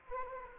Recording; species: mosquito wingbeat signal from an infrared sensor; Anopheles arabiensis